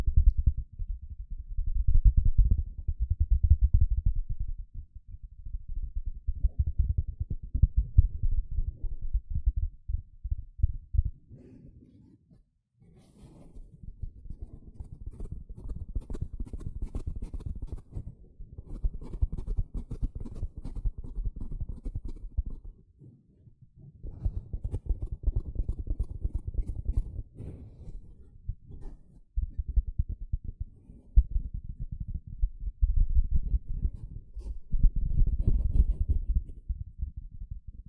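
A sponge is scratched and squished in dense, rough bursts that are mostly low and thudding, with brighter scraping strokes from about 13 to 28 seconds. Brief pauses fall near 12 and 23 seconds before the rubbing resumes steadily.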